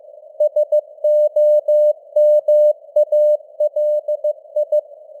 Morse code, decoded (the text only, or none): SOMALI